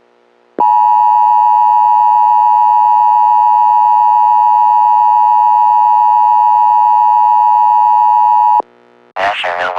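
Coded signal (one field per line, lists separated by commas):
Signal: Emergency Alert System (SAME) tones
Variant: 853 and 960 Hz attention tone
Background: speech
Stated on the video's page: Fictional scenario alert, not a real broadcast.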